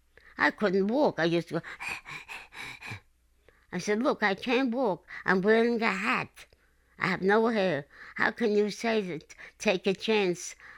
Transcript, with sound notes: I couldn't walk. I just was... ( she demonstrates labored breathing ) I said, "Look, I can't walk. I'm wearing a hat. I have no hair. How can you say this, take a chance?"